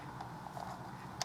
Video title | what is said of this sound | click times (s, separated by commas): Land Range Rover PCV Repair for P0171 P0174 and others | So weird. And that clips in. | 1.2 s